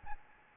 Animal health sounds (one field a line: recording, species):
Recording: mosquito wingbeat signal from an infrared sensor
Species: Aedes albopictus